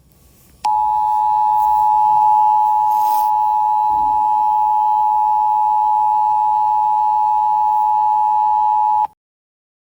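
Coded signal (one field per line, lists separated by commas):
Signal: Emergency Alert System (SAME) tones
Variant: 853 and 960 Hz attention tone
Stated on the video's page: Fictional animated volcano-eruption scenario made as a school project, containing valid SAME tones; not a real alert.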